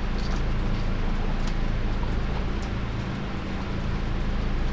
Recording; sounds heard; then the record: poultry house recording; healthy chickens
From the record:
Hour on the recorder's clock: 2